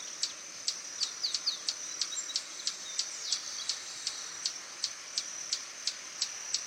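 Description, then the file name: Swallow-tailed hummingbird giving high, sharp chips about three per second, mixed with brief squeaky twitters, above a steady high-pitched hum. "Canto do beija flor tesoura"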